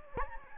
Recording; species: mosquito wingbeat signal from an infrared sensor; Anopheles gambiae